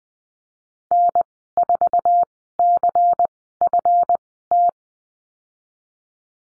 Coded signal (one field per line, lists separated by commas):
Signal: Morse code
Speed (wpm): 20 wpm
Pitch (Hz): 700 Hz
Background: none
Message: N4CFT